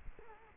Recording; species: mosquito wingbeat signal from an infrared sensor; Culex quinquefasciatus